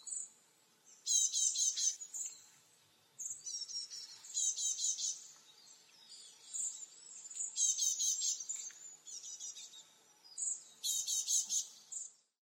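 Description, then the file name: Great tit giving high, sharp rapid call notes in short chattering bursts, several clusters spread throughout with brief quiet gaps between them. "Parus major"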